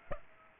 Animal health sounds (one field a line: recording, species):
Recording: mosquito wingbeat signal from an infrared sensor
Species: Aedes aegypti